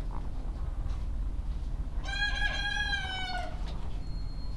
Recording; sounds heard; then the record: poultry house recording; sick chickens (respiratory disease)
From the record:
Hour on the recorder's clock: 17